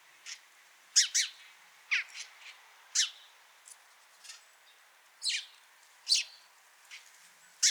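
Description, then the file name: House sparrow chirping, series of rough chirps, some in quick pairs, repeated irregularly throughout with a soft background hiss. "Passer domesticus"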